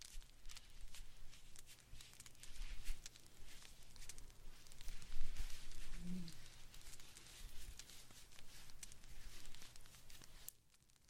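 Knitting a blanket: soft, irregular ticks and rustles of needles and yarn run steadily throughout, with a few sharper clicks around five seconds. A low, even hum sits underneath, a brief muffled tone comes near six seconds, and everything stops just before the end.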